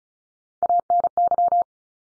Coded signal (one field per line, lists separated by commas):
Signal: Morse code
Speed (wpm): 36 wpm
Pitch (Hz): 700 Hz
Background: none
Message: ANY